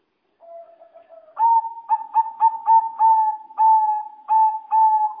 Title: kicau gelatik